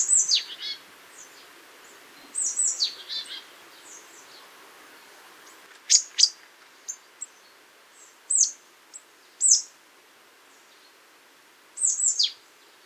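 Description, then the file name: Marsh tit calls: clusters of high, downward-slurred notes, some paired, scattered throughout over a light background hiss. "Poecile palustris"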